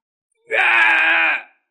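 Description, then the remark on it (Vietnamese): A beast lets out one loud, anguished howl of pain, a sustained harsh wail lasting about a second that rises sharply, holds steady, then fades away. “Giới thú mà là tác gào lên một tiếng đau đớn.”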